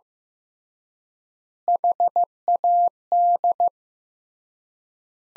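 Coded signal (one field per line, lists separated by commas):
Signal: Morse code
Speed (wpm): 15 wpm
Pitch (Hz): 700 Hz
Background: none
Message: HAD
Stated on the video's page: Morse practice sentences from the top 400 words at 15 wpm with 3x standard word spacing, a method analogous to Farnsworth.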